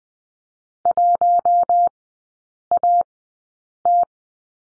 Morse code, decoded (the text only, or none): 1AT